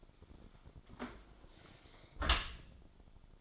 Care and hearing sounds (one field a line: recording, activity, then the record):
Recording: daily activity, microphone in the room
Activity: close dishwasher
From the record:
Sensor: 5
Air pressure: 1003.2 hPa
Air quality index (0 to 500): 133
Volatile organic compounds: 1 ppm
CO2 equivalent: 974 ppm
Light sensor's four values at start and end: 91/221/91/104 and 82/200/82/94